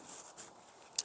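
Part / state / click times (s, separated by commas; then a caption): bungee cord into side slide groove of detector support rod / seated / 1.0 s. A bungee cord is slid into a small groove in the side of a detector support rod, with soft rubbing and sliding noises. At 1.0 s a sharp, loud snap is heard as the bungee pops into the groove and seats.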